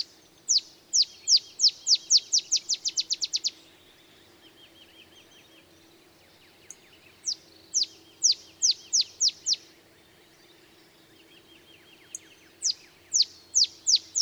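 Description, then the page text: Olive sparrow giving three songs, runs of high falling chips, the first quickening into a trill, with quiet pauses and faint chatter between. Male singing in early morning in Texas, about 50 miles north of the Mexican border; simple songs recall a field sparrow's bouncing-ball song, less mellow and melancholy. "Birdsong for the Curious Naturalist. Olive sparrow"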